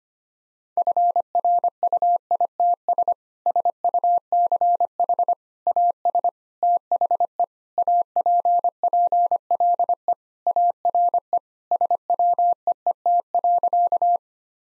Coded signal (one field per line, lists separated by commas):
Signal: Morse code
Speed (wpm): 25 wpm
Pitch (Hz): 700 Hz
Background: none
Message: FRUITS SUCH AS THE APPLE ARE SWEET.